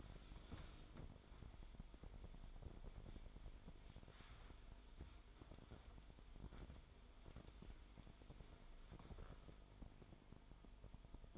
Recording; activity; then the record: daily activity, microphone in the room; wipe stove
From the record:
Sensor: 5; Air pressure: 1003.3 hPa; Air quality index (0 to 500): 140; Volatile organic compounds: 2 ppm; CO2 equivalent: 1025 ppm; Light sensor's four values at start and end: 37/83/37/43 and 38/87/38/44